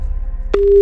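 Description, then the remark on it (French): A low hum, then a click and a steady, mid-pitched telephone tone starting and holding to the end, as a call placed from the Fun Radio studio rings with no one picking up. No one speaks. “Elle décroche pas, c'est pas vrai.”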